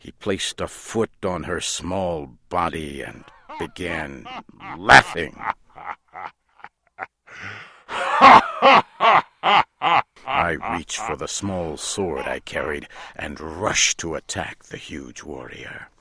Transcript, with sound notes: He placed a foot on her small body and began laughing. (LAUGHTER) I reached for the small sword I carried and rushed to attack the huge warrior.